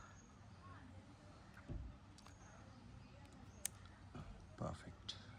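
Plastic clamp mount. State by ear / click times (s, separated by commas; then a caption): seated / 5.1 s. A DJI Osmo 360 action camera is pressed into its magnetic/clamp quick-release mount while someone talks over low background noise. A few short sharp ticks come at about 2.2 s and 3.7 s, and a distinct click at 5.1 s marks the clamps locking, confirming the camera is seated in the mount.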